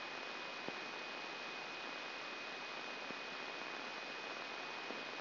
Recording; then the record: brain microelectrode recording played as sound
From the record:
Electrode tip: inside the subthalamic nucleus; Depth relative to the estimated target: 3 mm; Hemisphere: right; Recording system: AlphaMap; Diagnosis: Parkinson's disease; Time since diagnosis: 16 years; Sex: male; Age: 60 years